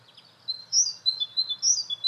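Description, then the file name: Great tit calls, a quick run of high thin chirps and short sweeping notes. "Parus major"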